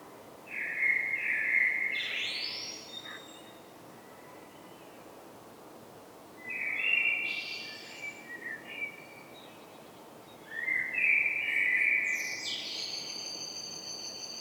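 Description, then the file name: Common blackbird song, three separate phrases a few seconds apart, each mellow and warbled before ending in high squeaky notes. "Turdus merula"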